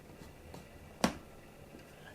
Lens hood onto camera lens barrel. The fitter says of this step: and you'll hear it locked. Listen.